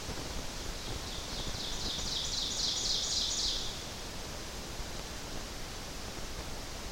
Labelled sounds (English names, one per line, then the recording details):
Ovenbird song
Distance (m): 50 m
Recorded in boreal forest in Alberta, Canada, on 12 June 2016 at 06:06
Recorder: SongMeter 3, array SBT-3-18
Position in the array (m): 229 m, 89 m
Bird 31